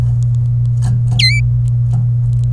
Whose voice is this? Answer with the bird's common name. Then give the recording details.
Domestic Canary. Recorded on 27 April 2018 at 13:47. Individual llb3